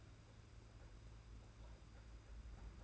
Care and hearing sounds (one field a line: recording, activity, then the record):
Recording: daily activity, microphone in the room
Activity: take from stove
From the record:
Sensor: 2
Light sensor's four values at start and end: 19/60/23/22 and 19/60/23/22